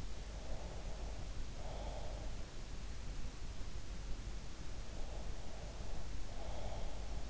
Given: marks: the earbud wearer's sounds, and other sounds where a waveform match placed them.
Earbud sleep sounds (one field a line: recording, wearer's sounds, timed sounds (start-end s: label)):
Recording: sounds in sleep by an in-ear microphone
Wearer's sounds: breath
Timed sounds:
0.30-2.26 s: breath
4.86-7.30 s: breath